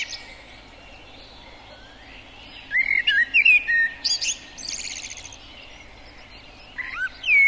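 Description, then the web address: Common blackbird singing after a quiet start: short mellow whistled notes mixed with thin, high squeaky chatter, with a brief fluted phrase near the end. "Ptaki Glosy Kos"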